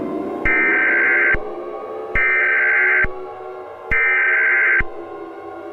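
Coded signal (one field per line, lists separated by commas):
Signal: Emergency Alert System (SAME) tones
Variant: header bursts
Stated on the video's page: Fictional scenario, not real.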